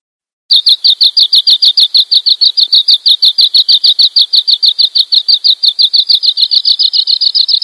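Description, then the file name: Bird song: a high chirping trill of quick clipped notes repeated about three times a second without pause, slightly higher near the end. "suara burung sanma"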